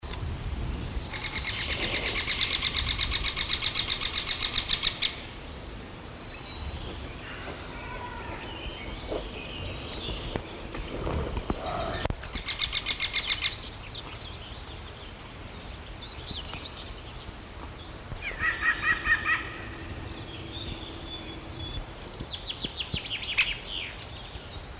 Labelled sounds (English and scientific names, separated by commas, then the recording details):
Great Spotted Woodpecker (Dendrocopos major) call
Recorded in the wild
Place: Herborn, DE
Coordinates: 50.68, 8.2975
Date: 1964-05-09
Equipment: Uher Report 4000, AKG D190
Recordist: Krey, Winfried
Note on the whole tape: Rufe